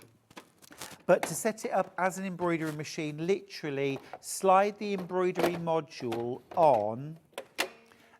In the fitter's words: it clicks into place, and you'll hear a definite click as it clicks into place.